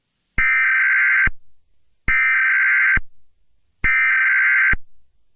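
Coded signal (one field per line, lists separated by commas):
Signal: Emergency Alert System (SAME) tones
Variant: header bursts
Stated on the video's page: Fictional EAS scenario, not a real alert.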